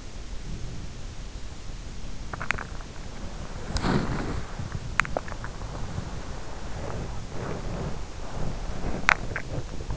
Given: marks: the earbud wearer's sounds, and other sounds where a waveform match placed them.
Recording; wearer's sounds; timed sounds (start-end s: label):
sounds in sleep by an in-ear microphone; body movement, swallowing
0.00-4.70 s: body movement
4.88-5.61 s: swallowing
8.82-9.68 s: swallowing